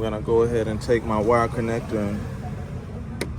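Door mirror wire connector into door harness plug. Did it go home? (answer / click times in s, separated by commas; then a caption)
yes / 3.2 s. A door mirror wiring connector on a 2009-2014 Nissan Maxima is pushed into its mating door harness plug behind the door panel while someone talks. A single sharp click sounds at 3.2 s as the connector snaps into place and seats.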